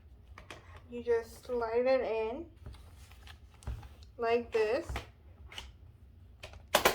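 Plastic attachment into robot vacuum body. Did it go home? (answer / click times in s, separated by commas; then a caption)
yes / 6.8 s, 6.9 s. A plastic attachment is slid into its notch on a Dreametech Z10 Pro robot vacuum and pushed home, with someone talking and soft scraping, tapping handling sounds along the way. It ends in a sharp, loud pair of clicks at 6.8 and 6.9 seconds as the attachment clicks into place, seated.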